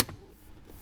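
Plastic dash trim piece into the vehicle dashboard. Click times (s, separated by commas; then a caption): 0.1 s. A red plastic dash trim piece is pressed into the dashboard of a 2018–2023 Jeep JL Wrangler or 2020–2023 JT Gladiator. A single short, quiet snap is heard at 0.1 s, followed by a faint low background hum. The trim piece is seated.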